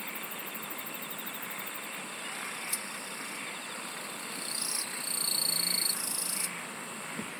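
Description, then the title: Insects shrill continuously in chorus; a louder, steady high buzz swells in during the second half, then cuts off before the end. "SINGING OF INSECTS"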